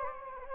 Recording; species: mosquito wingbeat signal from an infrared sensor; Anopheles gambiae